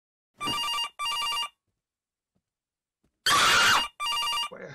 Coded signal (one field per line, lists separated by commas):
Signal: none